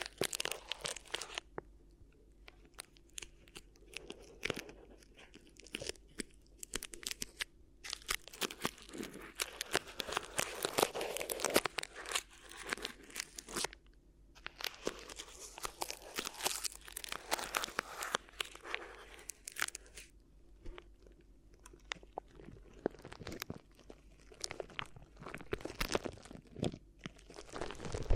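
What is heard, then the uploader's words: A crinkly ear massage: dense, crackling rustles that come in uneven bursts nearly the whole way through, with brief lulls around 2, 14 and 20 seconds. The crinkles are bright and crunchy, over a faint, steady low hum. ASMR Addictive Crinkly Ear Massage (No Talking).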